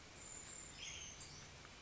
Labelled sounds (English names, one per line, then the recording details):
Brown Creeper
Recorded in Sonoma County, California